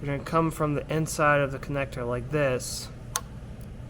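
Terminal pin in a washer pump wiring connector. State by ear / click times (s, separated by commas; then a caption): released / 3.2 s. An angled pick is pushed in from the inside of a washer pump wiring connector on a Jeep Grand Cherokee WK2 during a washer fluid reservoir installation, to release the terminal pin's locking tab. Someone talks over it, then a single short click is heard at 3.2 s as the lock lets go and the terminal pin is released.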